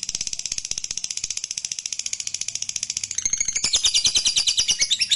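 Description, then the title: Lovebird delivering a continuous, rapid, high-pitched trill that turns harsher and more chattering after about three seconds. Fighter lovebird giving a long ngekek trill. "Suara Lovebird FIGHTER NGEKEK PANJANG"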